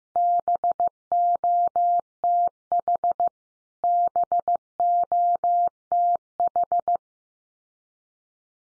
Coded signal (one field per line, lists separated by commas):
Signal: Morse code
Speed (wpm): 15 wpm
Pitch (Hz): 700 Hz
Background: none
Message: BOTH BOTH